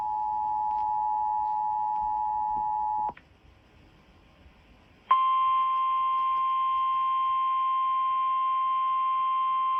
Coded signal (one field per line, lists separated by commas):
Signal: Emergency Alert System (SAME) tones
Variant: 853 and 960 Hz attention tone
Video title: EAS #1964 Severe Thunderstorm Warning on WZSR 9-25-22